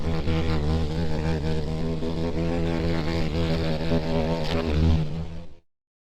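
Common cockchafer buzzing: a steady, deep droning hum with rich overtones, holding level for over five seconds before cutting off abruptly.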